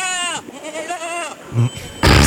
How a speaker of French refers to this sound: Voilà. C'était une chèvre.